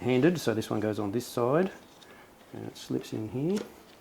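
A handed cam timing locking-tool shoe is slipped onto the extended VANOS hubs on the camshaft of a BMW S85 V10 while someone talks over quiet handling. The clip ends before the shoe goes home, and nothing has seated or clicked yet.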